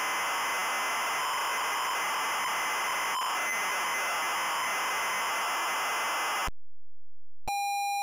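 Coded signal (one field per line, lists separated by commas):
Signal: ZX Spectrum tape loading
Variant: Adventurer loader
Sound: harsh buzzing data noise, a second of silence, then a steady square-wave lead tone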